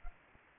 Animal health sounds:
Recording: mosquito wingbeat signal from an infrared sensor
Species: Anopheles arabiensis

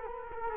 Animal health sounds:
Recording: mosquito wingbeat signal from an infrared sensor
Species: Culex quinquefasciatus

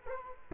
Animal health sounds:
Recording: mosquito wingbeat signal from an infrared sensor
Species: Culex quinquefasciatus

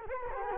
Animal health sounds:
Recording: mosquito wingbeat signal from an infrared sensor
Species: Culex quinquefasciatus

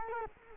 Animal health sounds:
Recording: mosquito wingbeat signal from an infrared sensor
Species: Culex quinquefasciatus

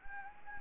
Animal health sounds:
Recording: mosquito wingbeat signal from an infrared sensor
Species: Anopheles gambiae

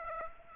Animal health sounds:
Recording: mosquito wingbeat signal from an infrared sensor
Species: Aedes aegypti

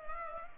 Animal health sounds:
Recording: mosquito wingbeat signal from an infrared sensor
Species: Culex pipiens

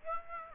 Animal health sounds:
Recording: mosquito wingbeat signal from an infrared sensor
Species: Aedes aegypti

